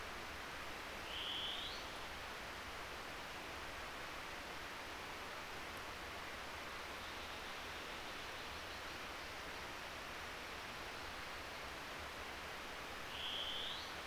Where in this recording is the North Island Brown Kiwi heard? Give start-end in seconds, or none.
none